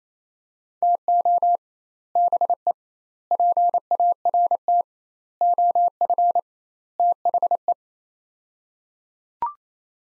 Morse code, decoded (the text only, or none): TO BE PART OF THE